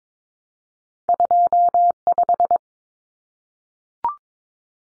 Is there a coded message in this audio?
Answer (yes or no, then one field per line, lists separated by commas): yes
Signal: Morse code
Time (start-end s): 1.1-2.6 s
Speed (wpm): 22 wpm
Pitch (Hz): 700 Hz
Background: none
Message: 25